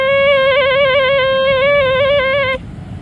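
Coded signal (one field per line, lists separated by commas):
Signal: FT4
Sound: buzzy distorted warbling tone hopping rapidly among four close pitches, then stops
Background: room noise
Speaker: Nah, itu bunyinya teman-teman FT4-nya. Jadi sudah oke.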